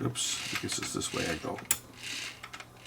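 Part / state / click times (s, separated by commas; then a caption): disc basket into player mechanism / not seated / none. Someone talks while handling a disc basket being pushed into a player mechanism after correcting its direction, with light handling noises and a couple of brief faint knocks near the end. Nothing has seated or clicked yet; the disc basket has not locked in.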